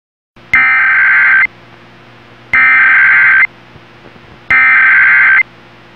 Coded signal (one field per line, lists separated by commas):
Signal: Emergency Alert System (SAME) tones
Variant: header bursts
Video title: Eas Test Failure 11/09/2011